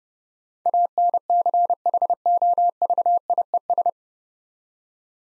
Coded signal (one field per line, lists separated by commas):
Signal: Morse code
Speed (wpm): 28 wpm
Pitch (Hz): 700 Hz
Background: none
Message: ANCHOVIES